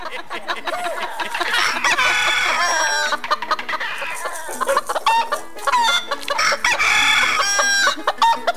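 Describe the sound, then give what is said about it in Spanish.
Hens cluck and cackle in a steady, busy chatter while a rooster crows in long, drawn-out bursts, the loud calls overlapping with no pause throughout. “Turuleca cacareaba y el gallo pinto cantaba con donaire remolón”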